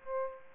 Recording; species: mosquito wingbeat signal from an infrared sensor; Aedes aegypti